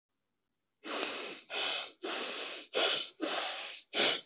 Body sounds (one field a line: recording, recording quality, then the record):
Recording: deep breathing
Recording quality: excellent, no background noise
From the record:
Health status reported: COVID-19 positive, mild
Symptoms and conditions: cough, cold, fever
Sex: male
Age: 24 years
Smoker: not ticked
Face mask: not worn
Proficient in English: no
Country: India